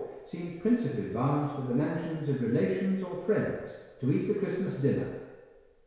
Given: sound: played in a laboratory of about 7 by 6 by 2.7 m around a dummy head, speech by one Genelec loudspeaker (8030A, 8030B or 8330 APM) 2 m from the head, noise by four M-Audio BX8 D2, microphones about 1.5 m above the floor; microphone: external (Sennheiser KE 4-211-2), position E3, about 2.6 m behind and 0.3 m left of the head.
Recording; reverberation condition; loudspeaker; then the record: male speech in English; high; behind (180 degrees)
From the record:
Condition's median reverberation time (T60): about 1300 ms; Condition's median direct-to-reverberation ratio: about -4.0 dB